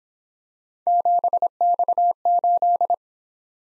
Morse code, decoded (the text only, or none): 7X8